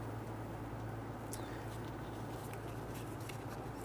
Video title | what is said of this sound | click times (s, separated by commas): How to Replace Rear ABS Sensors 2006-2012 Toyota RAV4 | that, push it in. You're going to feel it in, hear it click into place. | 1.3 s, 3.3 s